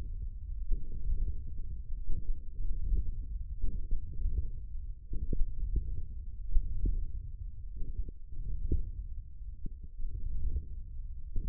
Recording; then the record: forearm muscle sounds (acoustic myography)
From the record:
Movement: hook grip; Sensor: system 1, eight BSWA MPA416 microphones around the upper forearm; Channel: 7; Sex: male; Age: 20 years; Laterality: left